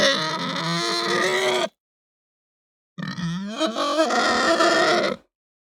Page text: Hampshire Pig Squeal Ramp Up Long - Quick Sounds